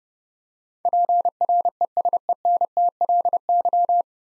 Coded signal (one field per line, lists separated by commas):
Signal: Morse code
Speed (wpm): 30 wpm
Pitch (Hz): 700 Hz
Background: none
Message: PRESENTLY